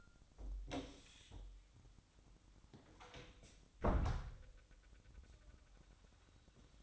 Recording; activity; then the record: daily activity, microphone in the room; close door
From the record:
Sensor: 3